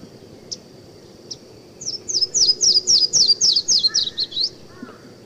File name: Yellow-throated Warbler